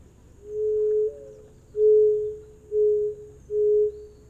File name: zenaida doves